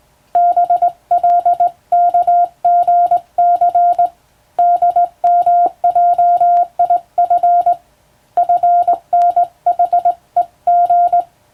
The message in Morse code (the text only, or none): BLKGC DMJIF FNHEG